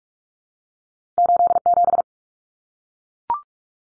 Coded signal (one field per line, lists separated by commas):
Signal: Morse code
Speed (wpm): 44 wpm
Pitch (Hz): 700 Hz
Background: none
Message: 87